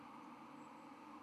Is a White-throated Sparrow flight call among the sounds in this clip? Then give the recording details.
no. No flight call is heard. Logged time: 11:12 on 31 October 2014